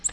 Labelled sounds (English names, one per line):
Nashville Warbler flight call